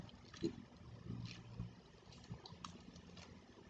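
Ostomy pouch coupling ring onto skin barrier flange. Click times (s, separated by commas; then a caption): 2.6 s. A plastic ostomy pouch coupling ring is placed around the stoma and pressed onto the skin barrier's baseplate flange, with something switched off beforehand so the clip can be heard. Soft handling rustles and small bumps lead to a sharp, bright click at 2.7 seconds as the ring clips into place and seats on the flange.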